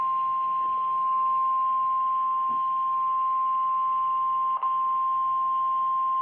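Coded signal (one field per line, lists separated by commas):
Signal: Emergency Alert System (SAME) tones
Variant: 1050 Hz attention tone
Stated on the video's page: Emergency Alert System Required Weekly Test.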